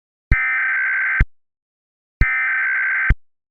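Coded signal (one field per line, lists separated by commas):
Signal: Emergency Alert System (SAME) tones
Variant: header bursts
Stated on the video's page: Fictional EAS scenario, simulated alert.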